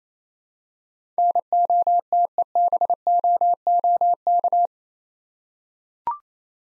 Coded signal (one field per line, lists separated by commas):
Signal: Morse code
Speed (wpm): 27 wpm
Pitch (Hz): 700 Hz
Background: none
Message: NOTEBOOK